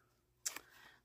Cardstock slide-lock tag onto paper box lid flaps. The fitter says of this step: what is going on yeah there we go there we go it'll lock it right into place so